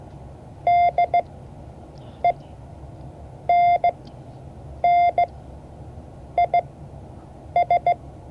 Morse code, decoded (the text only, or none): DENNIS